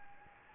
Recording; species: mosquito wingbeat signal from an infrared sensor; Anopheles gambiae